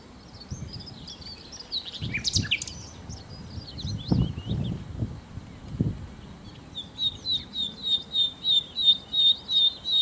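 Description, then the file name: Common nightingale song that opens with scattered chirps and some low thuds, then a steady run of rapidly repeated pulsing notes. "Nachtigall"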